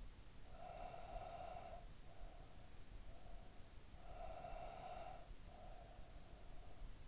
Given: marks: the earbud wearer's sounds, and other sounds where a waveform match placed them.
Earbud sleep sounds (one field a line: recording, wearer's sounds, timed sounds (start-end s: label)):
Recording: sounds in sleep by an in-ear microphone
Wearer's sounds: breath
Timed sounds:
0.30-3.89 s: breath
4.04-7.08 s: breath